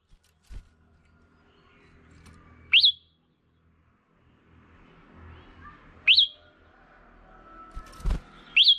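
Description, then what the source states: Red-whiskered bulbul: a few sharp chirps at irregular gaps, with occasional soft thuds in the background. Female bird.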